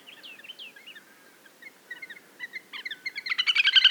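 Bird song of scattered high chirps and short slurred notes, building into a loud rapid buzzy trill at the end.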